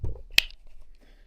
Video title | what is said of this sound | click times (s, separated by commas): Noveske Ghetto blaster ZET plate upgrade | yep did you hear that click again and then | 0.4 s